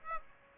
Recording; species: mosquito wingbeat signal from an infrared sensor; Aedes aegypti